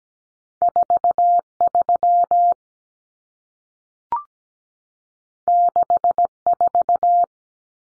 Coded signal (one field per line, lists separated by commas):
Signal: Morse code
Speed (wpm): 17 wpm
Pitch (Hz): 700 Hz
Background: none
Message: 43 64